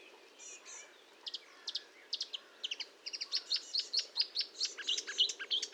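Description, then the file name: Marsh warbler song, quiet at first then building into rapid bursts of high chattering and buzzy notes, several per second. Recorded at Fontaine-Française (Fourneau), France, on 1 June 2022 at 10:55, using a Nagra recorder with a Telinga parabolic microphone. "Rousserolle verderolle 1055 Fontaine-Francaise-Fourneau"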